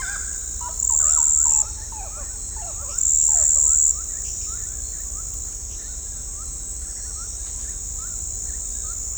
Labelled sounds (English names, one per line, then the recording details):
Gray-cowled Wood-Rail
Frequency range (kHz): Gray-cowled Wood-Rail 0.4-2.8 kHz
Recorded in shrubland near Pivijay, Magdalena, Colombia, on 3 June 2023 at 04:30
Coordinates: 10.453, -74.365
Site P5-G022